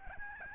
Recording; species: mosquito wingbeat signal from an infrared sensor; Aedes albopictus